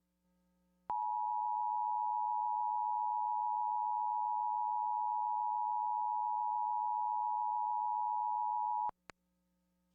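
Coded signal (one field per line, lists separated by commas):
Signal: Emergency Alert System (SAME) tones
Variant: 853 and 960 Hz attention tone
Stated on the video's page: National periodic test captured from a TV broadcast in high quality, with clean audio fidelity and no errors.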